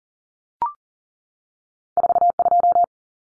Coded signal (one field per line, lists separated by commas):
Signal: Morse code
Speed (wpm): 39 wpm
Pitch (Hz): 700 Hz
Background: none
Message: 42